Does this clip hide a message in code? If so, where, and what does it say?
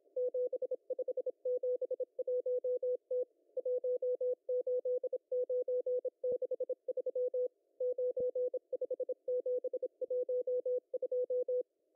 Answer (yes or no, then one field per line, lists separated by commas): yes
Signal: Morse code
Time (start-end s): 0.2-11.6 s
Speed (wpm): 25 wpm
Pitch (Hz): 500 Hz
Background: none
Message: 7571T 18963 95712